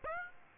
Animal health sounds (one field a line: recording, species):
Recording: mosquito wingbeat signal from an infrared sensor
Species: Aedes aegypti